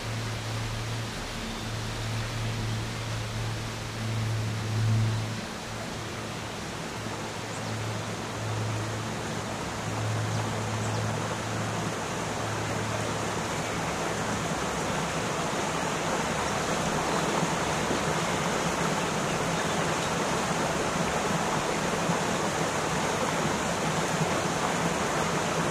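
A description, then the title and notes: A soundwalk recording filled with a dense, steady rushing hiss, like running water or passing traffic. A low droning hum sits underneath for the first fifteen seconds or so, then fades, and the rush grows slightly louder and more even toward the end. Relaxing ambient sound recording, Entspannende Naturklänge. Soundwalk. Rain hath swept through the northern Black Forest for the last few days. After every rain comes a dry day and so I went back into the forest to capture a nice soundscape.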